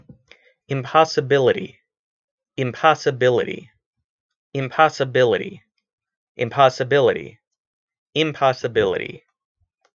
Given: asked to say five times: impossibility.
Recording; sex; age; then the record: repeated word; male; 30 to 39 years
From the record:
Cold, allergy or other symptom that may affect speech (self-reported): no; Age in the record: 31 years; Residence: Illinois, United States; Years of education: 16